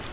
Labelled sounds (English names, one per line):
Virginia's Warbler flight call